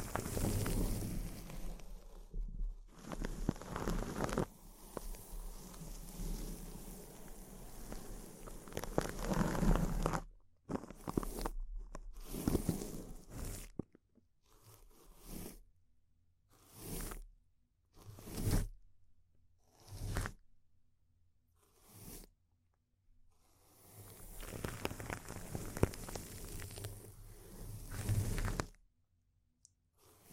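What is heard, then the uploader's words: Intense crinkling of a plastic or paper material, dense and continuous for the first ten seconds. After that it breaks into short separate bursts of crackle every second or two with near silence between, then turns thick and steady again from about 23 to 28 seconds. ASMR Intense Close-Up Crinkles (No Talking).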